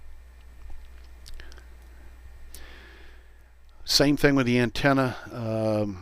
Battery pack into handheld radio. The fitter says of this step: we want to hear those two clicks of the battery latch locking in place